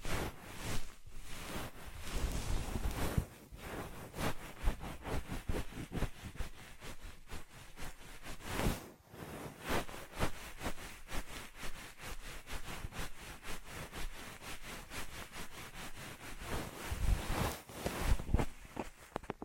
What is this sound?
Ear Massage Triggers